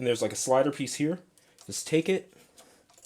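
Someone talks while handling a plastic shield for a 5pro Studio Blitzway Mechander Robo action figure, lining it up with the clip and slider piece on the figure's arm. Brief handling ticks are heard near the end, but the shield has not seated or clicked into place yet.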